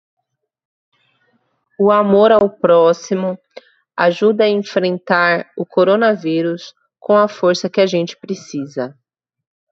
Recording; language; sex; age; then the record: spoken sentence; Brazilian Portuguese; female; 30 to 39 years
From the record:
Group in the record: control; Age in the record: 37 years